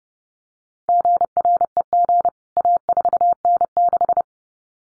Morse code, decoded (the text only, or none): GREG A4N6